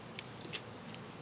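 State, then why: Not seated. A plastic Gunpla accessory piece is being slid onto an MG 00 Raiser model kit part so its sides rest in the grooves, with light, brief plastic ticks and scrapes at about 0.2, 0.4, 0.6 and 0.9 s over a quiet background. The piece has not seated or clicked into place yet.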